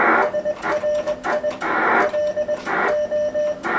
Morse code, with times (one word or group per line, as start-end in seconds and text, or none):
0.2-1.5 SRI
2.0-3.5 LO